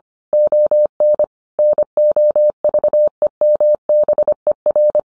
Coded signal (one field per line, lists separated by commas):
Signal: Morse code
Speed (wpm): 25 wpm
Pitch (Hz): 600 Hz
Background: none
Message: ON NOVEMBER